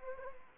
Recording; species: mosquito wingbeat signal from an infrared sensor; Anopheles arabiensis